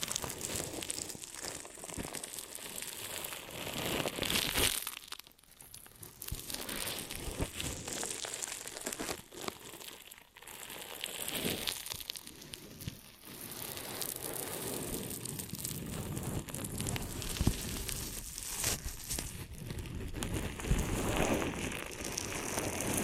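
Ear and scalp massage sounds: dense, crinkly rubbing and scratching that fills the whole clip with a busy, textured hiss. Brief pauses fall near 5, 10 and 13 seconds, and a few sharp clicks or pops stand out around 17 and 21 seconds.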